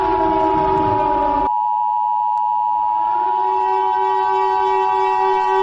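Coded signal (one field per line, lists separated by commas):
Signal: Emergency Alert System (SAME) tones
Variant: 853 and 960 Hz attention tone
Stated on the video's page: Fictional EAS scenario.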